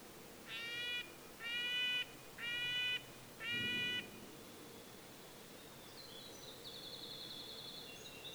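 Red-breasted nuthatch sounding four drawn-out nasal notes about a second apart, followed by a faint, thin, high steady tone near the end.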